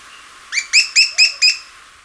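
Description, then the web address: Black-throated tody-tyrant uttering five crisp, evenly spaced high notes, each a short sharp chip, delivered in about a second. Recorded in Ecuador. "Birds of Ecuador 3-03 Black-Throated Tody-Tyrant"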